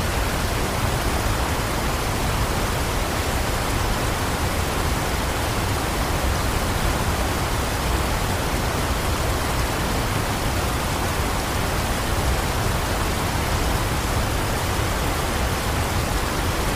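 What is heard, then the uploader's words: A waterfall roars without pause, a dense, even wash of rushing water that fills every register from a low rumble up to a bright hiss. Nothing changes over the seventeen seconds; the level stays constant, with no separate splashes or other sounds. Waterfall Sound White Noise For Sleep.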